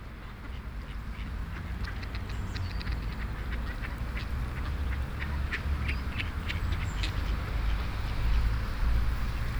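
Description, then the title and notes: Ducks quacking in a rapid, irregular series of short nasal calls, over a steady low rumble of road traffic. Ducks on grass and in water, with traffic noise in the background. "eenden op het gras. ducks on the grass - eenden, hoentjes op het gras. eenden en hoentjes op het gras, in het water, ruis van het verkeer. ducks on the grass and in the water, white noise of the traffic"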